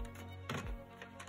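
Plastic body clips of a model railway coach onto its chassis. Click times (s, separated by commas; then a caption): 0.5 s, 1.0 s, 1.2 s. The plastic body of an APT model railway coach is pressed back onto its chassis by hand, and its clips snap into place with small clicks at 0.5, 1.0 and 1.2 seconds over a steady tonal background. The body is seated and clipped back on.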